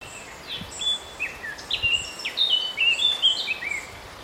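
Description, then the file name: Eurasian blackcap: bright, varied whistled notes jumping and sliding up and down in quick succession over a soft background hiss. "Sylvia atricapilla"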